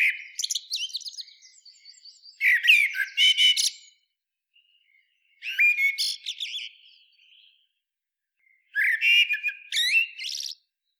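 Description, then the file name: Eurasian blackbird singing four unhurried phrases separated by pauses, the first already under way at the start, each rich warbling capped with thin scratchy high twitters. "Turdus merula"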